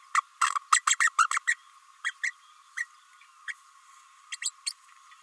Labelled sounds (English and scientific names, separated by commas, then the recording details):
Green-rumped Parrotlet (Forpus passerinus) babbling
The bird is a female
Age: 29 days
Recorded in a nest box in Venezuela
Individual 17B32A5